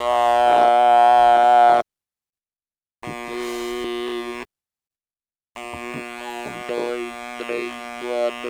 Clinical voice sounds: speech with an electrolarynx; conventional device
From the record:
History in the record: total laryngectomy

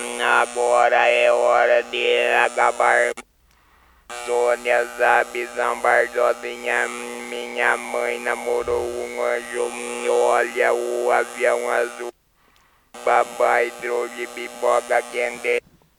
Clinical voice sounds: speech with an electrolarynx; conventional device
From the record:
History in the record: total laryngectomy

